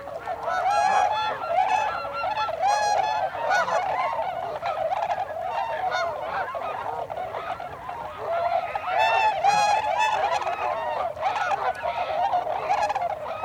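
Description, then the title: Tundra swan flock in a loud, dense chorus of overlapping hooting honks. Recorded 26 December 2020. "2020-12-26-Tundra-Swans"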